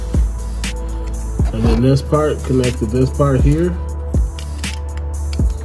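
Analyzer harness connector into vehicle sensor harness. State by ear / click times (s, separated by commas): not seated / none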